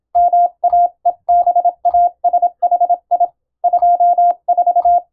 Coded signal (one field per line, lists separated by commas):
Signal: Morse code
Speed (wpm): 26 wpm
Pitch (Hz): 700 Hz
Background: none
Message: MAEBASHI 24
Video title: 【第１級無線通信士】昭和はラジオでよくモールス符号が聞こえました。船と陸との唯一の通信手段、大変重要な無線通信でした。アマチュア無線の受信トレーニングにどうぞ morse code practice